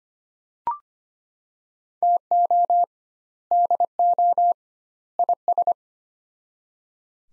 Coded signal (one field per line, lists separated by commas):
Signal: Morse code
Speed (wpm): 25 wpm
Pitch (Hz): 700 Hz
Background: none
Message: TO DO IS